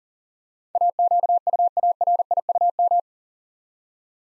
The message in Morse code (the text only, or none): AQUARIUM